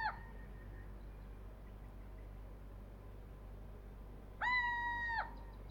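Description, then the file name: Little owl calls: a brief harmonic note at the opening, then a louder, steady mewing note of under a second near the end, over quiet background hiss. "steinkauz. Stefan Wehr"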